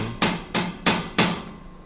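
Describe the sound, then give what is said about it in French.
Four sharp metallic knocks at an even, steady pace: a knife blade rapping against bolted metal plating on top of a kind of submarine boat. Each strike is bright and rings briefly before fading. No voices. “Et que monsieur entende quand je frappe avec mon couteau.”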